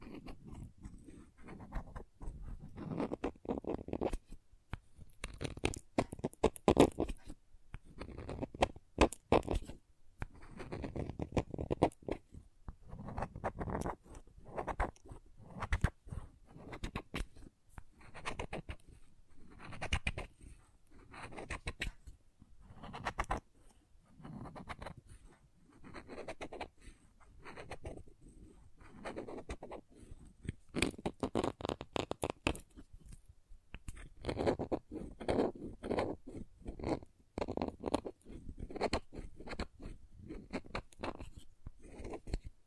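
Crayons scratch, tap and scrape against a surface in quick, irregular bursts of short dry strokes and clicks. The strokes come in clusters throughout, thinning to a sparser, quieter stretch around the middle before growing dense and vigorous again near the end.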